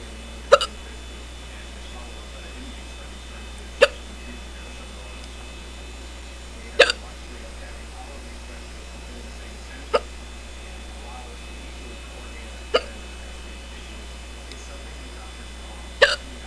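Six strong, sharp hiccups, about one every three seconds, from an adult with persistent hiccups. They have gone on for about an hour, stopped for about five minutes, then started again. They are very hard and hurt the throat.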